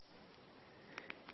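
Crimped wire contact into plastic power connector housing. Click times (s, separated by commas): 1.0 s, 1.1 s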